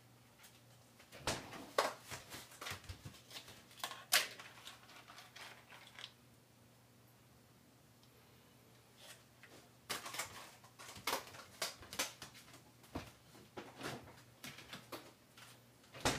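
Sharp clicks and clattering knocks around a bowl of bonito tataki ramen come in clusters during the first six seconds. A quieter stretch follows, then the irregular clatter returns from about ten seconds to the end, over a steady low hum.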